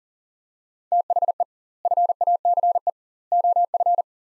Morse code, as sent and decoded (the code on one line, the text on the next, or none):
- .... . / ..-. .- -.-. . / --- ..-.
THE FACE OF